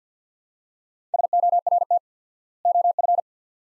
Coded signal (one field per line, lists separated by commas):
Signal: Morse code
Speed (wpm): 50 wpm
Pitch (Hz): 700 Hz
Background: none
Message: SORT OF